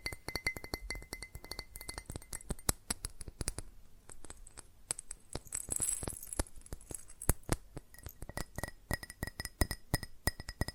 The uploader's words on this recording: ASMR Fast Tapping on GlassCeramic Objects (No Talking).